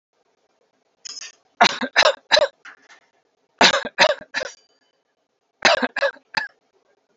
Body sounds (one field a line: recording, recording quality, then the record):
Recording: shallow voluntary cough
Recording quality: excellent, no background noise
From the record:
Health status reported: healthy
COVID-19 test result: not tested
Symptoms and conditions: none ticked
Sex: male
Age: 39 years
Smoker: not ticked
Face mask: worn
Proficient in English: yes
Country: India